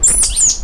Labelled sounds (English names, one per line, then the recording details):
Stitchbird song
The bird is a male
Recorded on Tiritiri Matangi Island, New Zealand, in 2005
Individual 1, of nest box 1